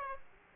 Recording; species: mosquito wingbeat signal from an infrared sensor; Aedes aegypti